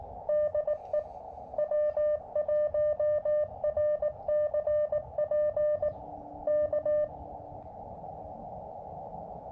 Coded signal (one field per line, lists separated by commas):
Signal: Morse code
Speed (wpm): 18 wpm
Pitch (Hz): 600 Hz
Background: music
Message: DE W1RCP K